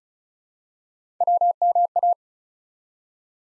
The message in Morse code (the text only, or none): WMA